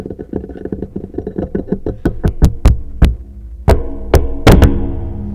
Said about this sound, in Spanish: ¿Segura? Porque están golpeando la puerta. Ya llegó tu mamá, seguro.